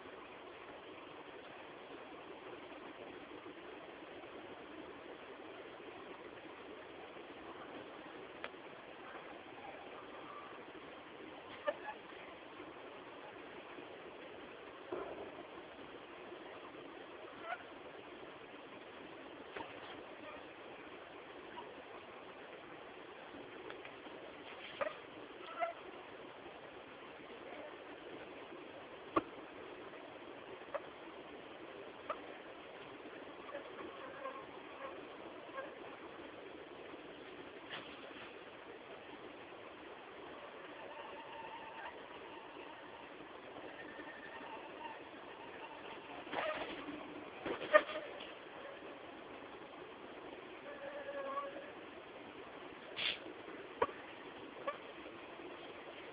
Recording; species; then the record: mosquito flight sound by mobile phone; Anopheles farauti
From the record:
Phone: Samsung T209